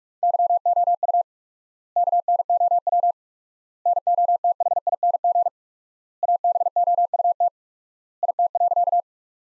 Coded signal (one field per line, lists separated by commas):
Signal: Morse code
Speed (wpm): 46 wpm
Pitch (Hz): 700 Hz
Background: none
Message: YOU KNOW NOTHING ABOUT IT.